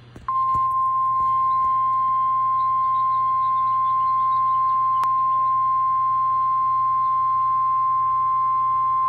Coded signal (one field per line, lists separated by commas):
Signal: Emergency Alert System (SAME) tones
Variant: 1050 Hz attention tone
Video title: Severe Thunderstorm Warning (EAS #46)